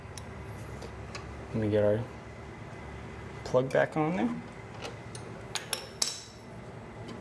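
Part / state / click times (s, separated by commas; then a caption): spark plug wire boot onto spark plug of a snowblower engine / seated / 6.0 s. Someone talks while pushing the rubber spark plug wire boot back onto the freshly installed spark plug of a snowblower engine, with light handling ticks around it. At 6.0 s a sharp click is heard as the metal clip inside the boot snaps over the plug terminal, and the boot is seated and engaged.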